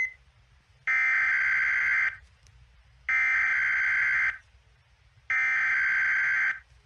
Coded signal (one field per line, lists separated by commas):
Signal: Emergency Alert System (SAME) tones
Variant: header bursts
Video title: EAS ALARMS OF AMERICAN COUNTRIES